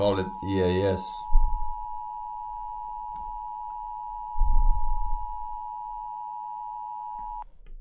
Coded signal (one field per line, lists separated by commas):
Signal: Emergency Alert System (SAME) tones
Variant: 853 and 960 Hz attention tone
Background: speech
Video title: Forsen Reacts | EAS Alarms of Around the World (REAL ones ONLY)